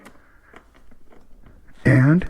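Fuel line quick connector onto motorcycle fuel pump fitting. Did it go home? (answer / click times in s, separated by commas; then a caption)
no / none. A fuel line quick connector is handled and lined up on the fuel pump fitting of a 2020 Husqvarna 701 SuperMoto before being pushed home. Faint handling noise carries light taps at about 0.6, 0.8, 0.9 and 1.5 s, then someone talks near the end at about 1.9 s. Nothing has seated or clicked yet.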